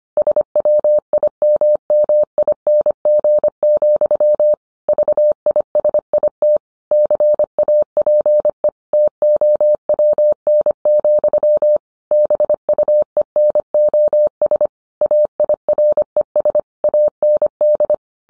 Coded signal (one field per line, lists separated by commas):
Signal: Morse code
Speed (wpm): 25 wpm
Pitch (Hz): 600 Hz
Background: none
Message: SWIMMING, VISIT CAPE TOWN, BUENOS AIRES AND